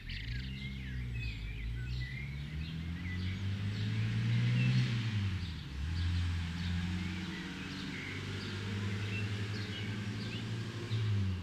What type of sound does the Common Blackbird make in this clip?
song